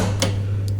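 The inside safety lock on a hotel room door is engaged into its catch, giving a sharp tick at 0.2 s and a fainter tick at 0.7 s over a steady low hum. The lock seats and engages.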